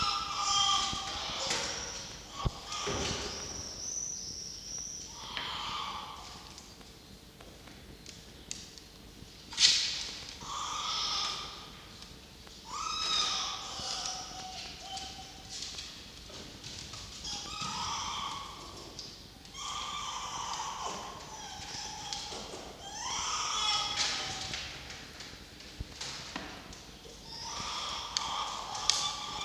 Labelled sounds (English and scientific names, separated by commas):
Red Fox (Vulpes vulpes)